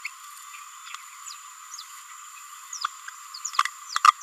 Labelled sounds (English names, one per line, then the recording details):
Green-rumped Parrotlet babbling
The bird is a male
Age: 22 days
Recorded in a nest box in Venezuela
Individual 17B31A2